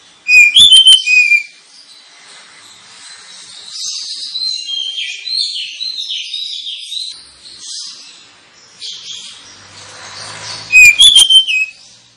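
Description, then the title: Oriental magpie-robin: songbird with a quiet, varied high warbling through most, framed by two brief loud whistled bursts at the start and end. Lure of an Oriental magpie-robin (kacer) in loud, continuous song, used to provoke other kacer birds into singing and fighting. "Kacer Langsung Tarung Konslet KACER NGOTOT FULL TEMBAKAN. Kacer dimana SAJA Bakalan NGEPLONG GACOR dengan Pancingan Kacer ini"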